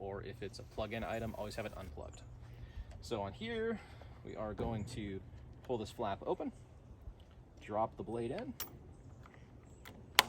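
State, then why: Seated. Someone talks while pulling open the blade clamp flap on a cordless reciprocating saw and dropping a metal saw blade into the clamp. A sharp, loud click at 10.2 s marks the blade locking into place.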